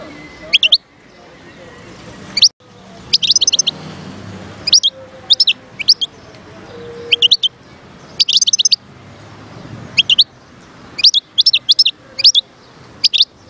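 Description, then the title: European goldfinch song: groups of bright, piercing tweets recurring throughout with quiet gaps. Wild bird. "اجمل غناءالحسون الخلويchant chardonneret sauvage"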